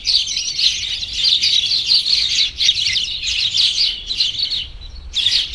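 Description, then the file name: Birds chirping in a dense, continuous chorus of high, twittering notes that overlap steadily, with brief dips in the flow around the middle and near the end. "birds chirping cheerfully"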